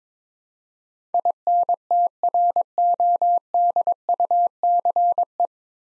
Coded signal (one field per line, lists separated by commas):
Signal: Morse code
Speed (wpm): 21 wpm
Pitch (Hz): 700 Hz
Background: none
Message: INTRODUCE